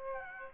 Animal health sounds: mosquito wingbeat signal from an infrared sensor; Aedes aegypti

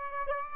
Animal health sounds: mosquito wingbeat signal from an infrared sensor; Aedes aegypti

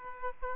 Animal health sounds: mosquito wingbeat signal from an infrared sensor; Aedes aegypti

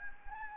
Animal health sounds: mosquito wingbeat signal from an infrared sensor; Anopheles gambiae

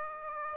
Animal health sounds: mosquito wingbeat signal from an infrared sensor; Aedes aegypti

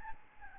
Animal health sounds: mosquito wingbeat signal from an infrared sensor; Aedes albopictus

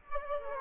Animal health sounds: mosquito wingbeat signal from an infrared sensor; Culex quinquefasciatus

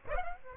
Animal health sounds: mosquito wingbeat signal from an infrared sensor; Aedes aegypti

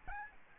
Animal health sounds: mosquito wingbeat signal from an infrared sensor; Aedes albopictus

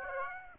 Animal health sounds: mosquito wingbeat signal from an infrared sensor; Aedes aegypti

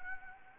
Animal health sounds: mosquito wingbeat signal from an infrared sensor; Anopheles gambiae

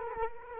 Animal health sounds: mosquito wingbeat signal from an infrared sensor; Culex quinquefasciatus

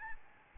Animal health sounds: mosquito wingbeat signal from an infrared sensor; Aedes albopictus

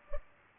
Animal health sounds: mosquito wingbeat signal from an infrared sensor; Culex pipiens

